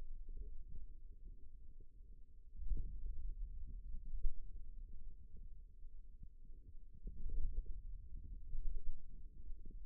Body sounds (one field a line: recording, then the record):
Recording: forearm muscle sounds (acoustic myography)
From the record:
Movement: wrist flexion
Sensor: system 2, bracelet of six BSWA MPA416 microphones around the upper forearm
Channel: 4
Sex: male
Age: 22 years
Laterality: right